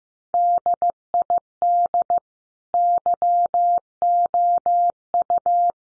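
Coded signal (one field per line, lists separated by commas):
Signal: Morse code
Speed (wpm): 15 wpm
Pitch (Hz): 700 Hz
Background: none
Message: DID YOU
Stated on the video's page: Morse code practice at 15 wpm: head-copy sentences built from the top 1300 words, each sent in Morse, spoken, then sent again.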